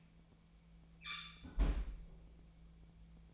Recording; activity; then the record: daily activity, microphone in the room; close fridge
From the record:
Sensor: 1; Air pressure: 1009.8 hPa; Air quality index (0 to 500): 191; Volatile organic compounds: 18 ppm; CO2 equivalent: 2617 ppm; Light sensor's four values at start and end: 33/84/35/42 and 33/84/35/42